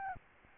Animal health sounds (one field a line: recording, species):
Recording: mosquito wingbeat signal from an infrared sensor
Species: Aedes albopictus